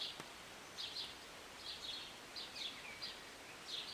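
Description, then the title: Bird chirps, brief bright high notes in small bursts every second or so, with steady rain hiss and a faint click near the start. Birds singing and chirping on a Sunday morning during short rain, heard from a city balcony. "Rainy Morning with Birds Chirping"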